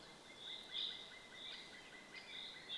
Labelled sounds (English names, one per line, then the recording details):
Common Chaffinch
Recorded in Germany
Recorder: ecoPi